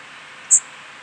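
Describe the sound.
Indigo bunting giving a single very high, thin flight note, lasting about a tenth of a second, over steady background hiss.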